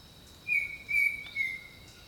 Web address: Echoes of Nature - Jungle Talk Jungle Birdsong